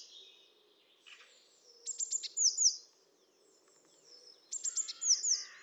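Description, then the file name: Eurasian blue tit calls twice, each a burst of high ticks and downward slurred notes, with softer bird twittering in the background. "Cyanistes caeruleus"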